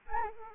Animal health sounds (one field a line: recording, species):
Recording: mosquito wingbeat signal from an infrared sensor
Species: Anopheles arabiensis